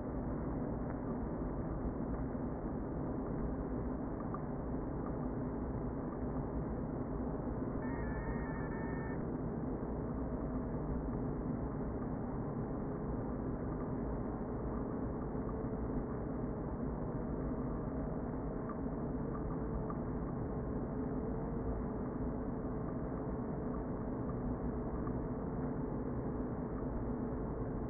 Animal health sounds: honeybee colony, microphone inside the hive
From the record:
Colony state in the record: queen present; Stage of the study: before two queens were removed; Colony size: about 60,000 bees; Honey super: yes

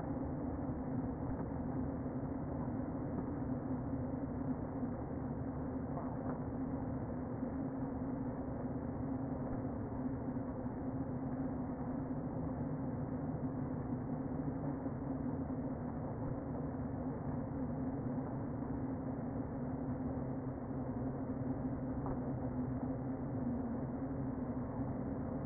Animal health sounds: honeybee colony, microphone inside the hive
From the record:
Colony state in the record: queen present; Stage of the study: before two queens were removed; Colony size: about 60,000 bees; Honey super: yes

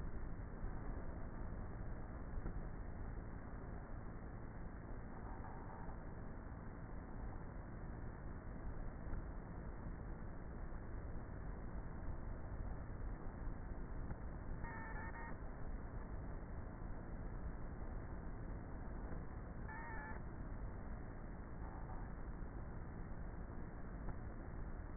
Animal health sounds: honeybee colony, microphone inside the hive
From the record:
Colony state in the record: queenless with a low population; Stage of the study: before two queens were removed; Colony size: about 30,000 bees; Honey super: no

